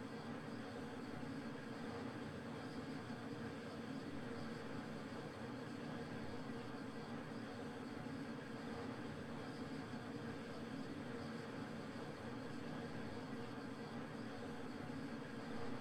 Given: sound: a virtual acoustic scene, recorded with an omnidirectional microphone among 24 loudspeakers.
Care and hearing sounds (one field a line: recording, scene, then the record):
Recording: noise of the scene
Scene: olnoise from 0 degrees (S0N0)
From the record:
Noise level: 65 dB SPL